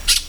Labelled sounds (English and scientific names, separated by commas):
Brown-throated Parakeet (Eupsittula pertinax) contact call